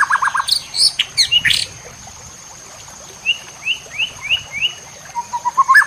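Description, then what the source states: White-rumped shama singing bursts of sharp notes, a pause, then a series of clear upslurred whistles and low rapid notes, over a steady electronic whine. Murai batu labaik song used to train caged birds.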